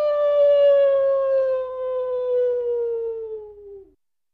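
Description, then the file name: Wolf giving a single long howl that starts strong and slowly slides downward in pitch for about four seconds before fading out. "volk"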